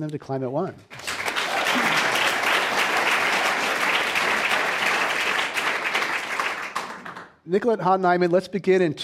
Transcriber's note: applause